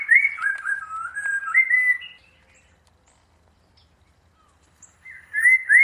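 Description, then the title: Bird singing varied whistled and warbled notes, then a short pause, then a fresh run of rising whistles. Bird song compiled as a master for training songbirds to sing. "Masteran Burung"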